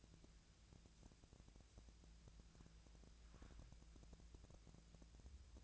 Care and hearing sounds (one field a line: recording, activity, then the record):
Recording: daily activity, microphone in the room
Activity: wipe stove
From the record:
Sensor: 2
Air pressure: 1000.3 hPa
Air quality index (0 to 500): 164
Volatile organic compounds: 3 ppm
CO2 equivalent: 1362 ppm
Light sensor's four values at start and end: 11/27/11/12 and 11/27/11/12